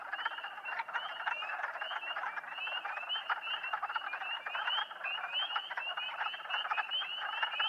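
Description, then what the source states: Spring peepers in dense chorus, many high rising peeps overlapping continuously over a steady rough lower hum. Several spring peepers calling together; posted in April 2008.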